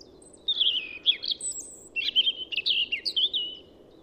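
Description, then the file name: European robin song: two runs of high, sweet, warbling and tinkling phrases with quick pitch jumps and thin high notes, over soft background hiss. "Erithacus rubecula"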